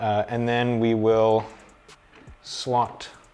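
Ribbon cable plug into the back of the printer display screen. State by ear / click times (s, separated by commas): not seated / none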